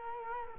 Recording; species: mosquito wingbeat signal from an infrared sensor; Culex quinquefasciatus